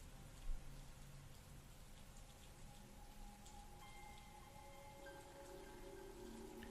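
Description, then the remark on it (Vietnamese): Steady rain falls in a continuous hiss on a pitch-dark night with no lights, with scattered droplet ticks and a soft low thump early on, over a faint sustained hum. “Thế nhưng Mai vẫn cứ chạy đi trong màn mưa, mặc kệ cho trời tối mịt mùng, không có ánh đèn soi.”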